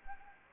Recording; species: mosquito wingbeat signal from an infrared sensor; Anopheles gambiae